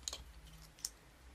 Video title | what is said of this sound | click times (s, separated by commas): .GR. 51 - Transformers DOTM Air Raid. | and put it all the way up until it clicks | 0.1 s, 0.8 s